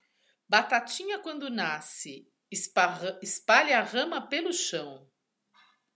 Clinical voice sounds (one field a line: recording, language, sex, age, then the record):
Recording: short text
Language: Brazilian Portuguese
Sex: female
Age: 50 to 59 years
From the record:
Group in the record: control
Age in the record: 56 years